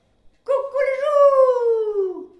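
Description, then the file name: Rooster crow, a single drawn-out call that rises briefly then holds and slowly falls, with rich harmonics, lasting nearly two seconds. Roosters crowing back and forth, Nivillac, June 2014. "dialogues de coqs Nivillac juin 2014"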